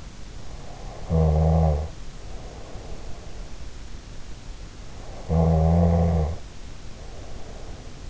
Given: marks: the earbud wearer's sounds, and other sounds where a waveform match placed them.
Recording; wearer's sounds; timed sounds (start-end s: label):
sounds in sleep by an in-ear microphone; snoring breath
0.67-3.68 s: snoring breath
5.10-8.10 s: snoring breath